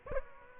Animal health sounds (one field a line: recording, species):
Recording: mosquito wingbeat signal from an infrared sensor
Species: Aedes aegypti